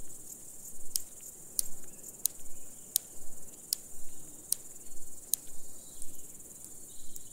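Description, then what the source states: Large marsh grasshopper song: a series of sharp, dry ticking snaps at a fairly steady pace, over faint background hiss. Song produced by rhythmic snapping of the hind legs.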